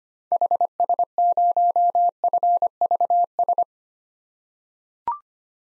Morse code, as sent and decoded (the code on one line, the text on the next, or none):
.... ... ----- ..-. ...- ...
HS0FVS